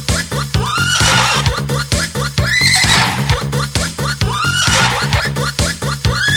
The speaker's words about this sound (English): cerchiamo di capirci, tocca adesso il cavallo, le horse, poi sempre di corsa d'accordo, ma cerchiamo di essere chiari, e vai!